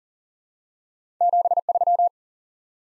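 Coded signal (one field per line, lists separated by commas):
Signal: Morse code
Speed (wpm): 37 wpm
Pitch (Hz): 700 Hz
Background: none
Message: 73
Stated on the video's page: Morse code head-copy drill of the top 20 QSO elements at 40 wpm, each element sent, then spoken, then sent again.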